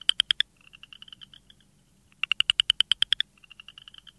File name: Pseudacris nigrita - Southern Chorus Frog